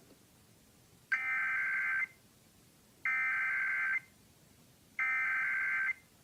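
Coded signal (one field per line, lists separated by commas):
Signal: Emergency Alert System (SAME) tones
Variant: header bursts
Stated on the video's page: Required Weekly Test broadcast on a station, preceded by a promo featuring the Emergency Alert System.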